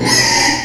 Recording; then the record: squeal of a Yucatan mini pig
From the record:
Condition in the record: before surgery on the right vocal fold (resection and tissue-engineered implant); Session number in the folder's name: 2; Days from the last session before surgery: 0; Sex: male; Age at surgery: 12 weeks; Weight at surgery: 13 kg